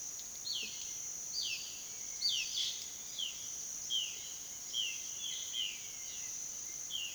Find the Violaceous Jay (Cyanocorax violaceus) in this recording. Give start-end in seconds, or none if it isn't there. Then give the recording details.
0.00-7.14. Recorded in pastures near Puerto Asís, Putumayo, Colombia, on 21 February 2024 at 07:00. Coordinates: 0.497, -76.327. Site G7276